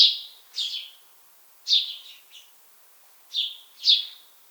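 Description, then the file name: House sparrow calls, a few loud slurred chirps in pairs with short pauses between them. "Passer domesticus"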